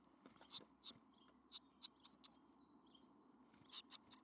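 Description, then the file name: Eurasian blue tit calls: short, very high, thin notes in loose clusters of two or three, with gaps between groups; a faint low hum runs underneath. "Cyanistes caeruleus"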